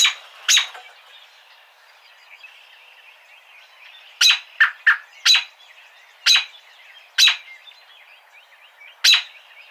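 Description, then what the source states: American robin giving sharp chip calls: a pair at the start, then a scattered series. Recorded 3 May 2007.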